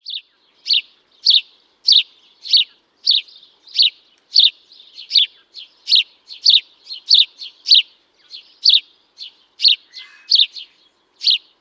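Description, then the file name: House sparrow chirping in a steady series of short, bright, slightly buzzy notes, about two each second, with a few quicker chirps in the middle. "Passer domesticus"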